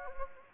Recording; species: mosquito wingbeat signal from an infrared sensor; Anopheles gambiae